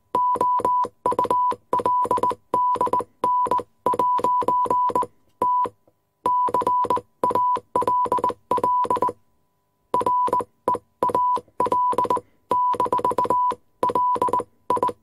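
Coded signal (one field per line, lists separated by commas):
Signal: Morse code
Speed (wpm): 19 wpm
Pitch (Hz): 990 Hz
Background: none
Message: OULDN'T CALL REAL-LI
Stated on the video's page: Morse telegraph sound effect within a war room ambience with typewriters.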